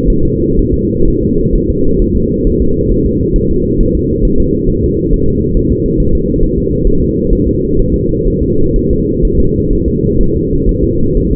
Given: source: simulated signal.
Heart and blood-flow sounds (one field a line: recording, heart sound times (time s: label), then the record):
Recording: fetal heart sounds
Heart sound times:
0.10 s: S1
0.25 s: S2
0.59 s: S1
0.74 s: S2
1.08 s: S1
1.23 s: S2
1.56 s: S1
1.70 s: S2
2.02 s: S1
2.16 s: S2
2.47 s: S1
2.62 s: S2
2.91 s: S1
3.06 s: S2
3.36 s: S1
3.51 s: S2
3.81 s: S1
3.95 s: S2
4.25 s: S1
4.40 s: S2
4.69 s: S1
4.84 s: S2
5.13 s: S1
5.28 s: S2
5.57 s: S1
5.72 s: S2
6.00 s: S1
6.15 s: S2
6.43 s: S1
6.58 s: S2
6.87 s: S1
7.02 s: S2
7.33 s: S1
7.47 s: S2
7.80 s: S1
7.94 s: S2
8.28 s: S1
8.42 s: S2
8.76 s: S1
8.91 s: S2
9.25 s: S1
9.40 s: S2
9.73 s: S1
9.88 s: S2
10.21 s: S1
10.36 s: S2
10.69 s: S1
10.84 s: S2
11.17 s: S1
11.32 s: S2
From the record:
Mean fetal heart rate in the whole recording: 130 bpm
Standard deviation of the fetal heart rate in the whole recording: 4 bpm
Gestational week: 38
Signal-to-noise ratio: -16.4 dB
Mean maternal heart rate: 72 bpm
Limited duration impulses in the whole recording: present